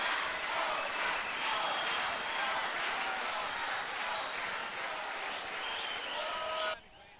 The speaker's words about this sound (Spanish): Fuerte el aplauso.